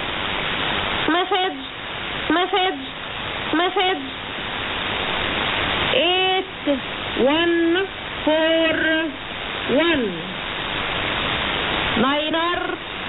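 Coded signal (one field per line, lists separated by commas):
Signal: numbers station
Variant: E25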